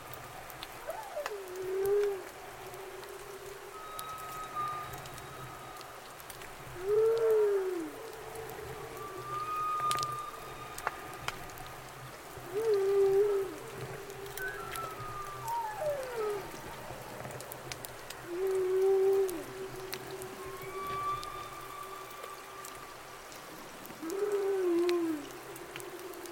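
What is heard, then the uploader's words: Humpback calls recur about every five seconds, low moaning swoops with higher whistled tones between, over a steady hiss and faint clicks. Humpback calls at Orcasound Lab. Starting around 20:00 this evening.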